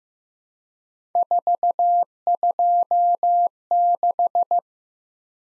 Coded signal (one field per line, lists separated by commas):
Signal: Morse code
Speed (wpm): 15 wpm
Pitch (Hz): 700 Hz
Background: none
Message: 426